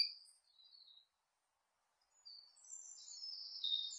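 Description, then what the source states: Hawk calling with high, thin whistled notes: a short descending whistle at the start, a pause, then longer drawn-out whistles that waver and slide. Hawk hunting prey.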